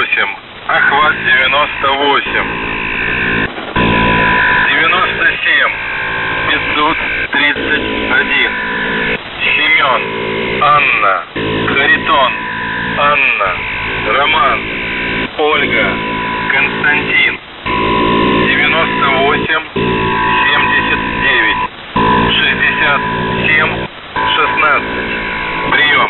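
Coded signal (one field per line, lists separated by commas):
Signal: coded military voice message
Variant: Russian, The Goose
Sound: russian male voice reading callsign, numbers and phonetic-alphabet names over noisy shortwave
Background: radio static, steady whine tone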